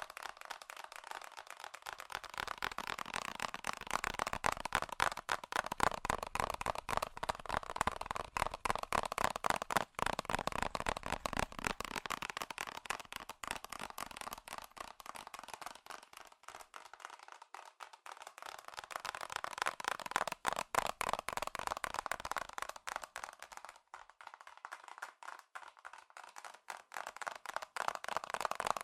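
Fast, furious tapping on metal, a dense run of bright, sharp clicks that never lets up, swelling and thinning in loudness across the stretch.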